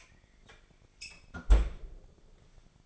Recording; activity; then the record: daily activity, microphone in the room; close fridge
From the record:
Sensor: 5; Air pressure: 1004.6 hPa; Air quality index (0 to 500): 162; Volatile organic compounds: 3 ppm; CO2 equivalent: 1525 ppm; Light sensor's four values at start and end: 21/47/19/17 and 19/45/17/16